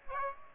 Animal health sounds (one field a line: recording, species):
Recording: mosquito wingbeat signal from an infrared sensor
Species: Aedes aegypti